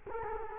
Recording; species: mosquito wingbeat signal from an infrared sensor; Culex quinquefasciatus